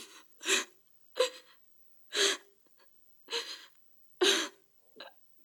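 A woman sobbing, with about six sharp, breathy gasping sobs coming roughly once a second, the last one shorter and softer, and no talking.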